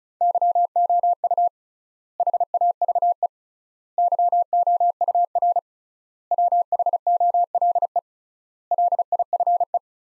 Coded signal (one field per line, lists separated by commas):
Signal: Morse code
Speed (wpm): 34 wpm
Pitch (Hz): 700 Hz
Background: none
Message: YOU HAVE YOUR WHOLE LIFE